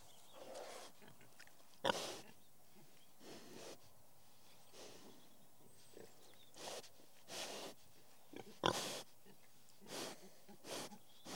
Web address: The BBC Sound Effects Library. Pigs